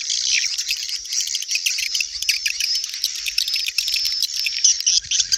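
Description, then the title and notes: Swiftlets twittering in a steady, dense high-pitched stream of chirps and fine trills. Swiftlet sound used for swiftlet bird farming in Asia. "Swiflet Bird Sound. Farming Swiflet Bird asia sound"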